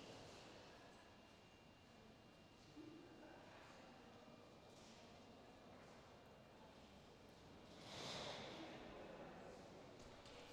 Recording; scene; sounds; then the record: everyday scene through a hearing-aid microphone; reverberant space; background noise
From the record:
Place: railway station hall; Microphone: in the ear canal, left